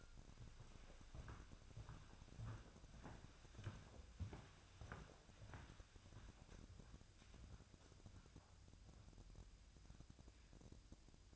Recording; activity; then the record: daily activity, microphone in the room; walk to room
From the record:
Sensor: 2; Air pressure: 999.8 hPa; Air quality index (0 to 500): 121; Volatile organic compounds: 2 ppm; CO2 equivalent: 1042 ppm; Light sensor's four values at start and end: 30/72/32/36 and 31/73/33/37